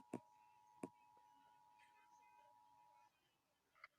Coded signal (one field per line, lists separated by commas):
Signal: Emergency Alert System (SAME) tones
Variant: 853 and 960 Hz attention tone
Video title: EAS alarm made from me or a e EAS alarm made from someone else